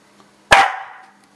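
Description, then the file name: Shiba Inu giving a single sharp bark, loud at onset and trailing off quickly, with a faint steady hum underneath. Dog wanting to go for a walk; recorded October 2012. "Shiba hond die wil wandelen, -Oct, 2012"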